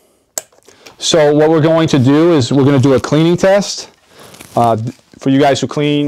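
A full face mask's swivel elbow is squeezed and released out of the mask frame, giving a sharp plastic click at 0.4 s. Someone then talks over the rest of the clip.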